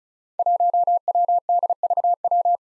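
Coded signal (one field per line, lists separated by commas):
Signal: Morse code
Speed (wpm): 36 wpm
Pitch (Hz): 700 Hz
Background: none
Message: 1WDVW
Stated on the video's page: Code drill at 35 wpm of five-character groups of easily confused letters and numbers, each sent, spoken, then sent again.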